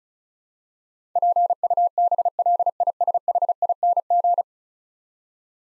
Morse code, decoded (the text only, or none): PUBLISHING